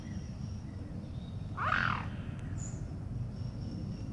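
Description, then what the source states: Eurasian lynx giving a single brief harmonic call that rises then falls, over steady low background noise. A single lynx recorded while hunting.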